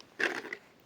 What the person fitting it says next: Voilà, ça vient se clipser là-dedans.